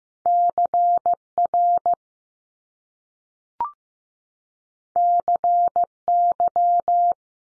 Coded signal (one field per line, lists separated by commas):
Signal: Morse code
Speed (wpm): 15 wpm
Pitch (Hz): 700 Hz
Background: none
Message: C RC Y